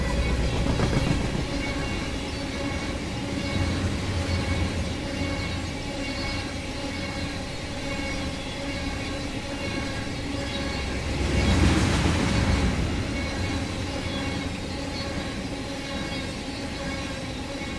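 A long freight train rolls steadily past, a dense low rumble with ringing metallic tones from the wheels and cars. The sound holds even throughout, with a brief surge of louder clatter and hiss around the twelfth second before settling back.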